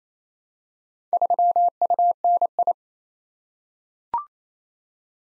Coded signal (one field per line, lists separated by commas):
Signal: Morse code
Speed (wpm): 28 wpm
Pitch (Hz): 700 Hz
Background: none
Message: 3UNI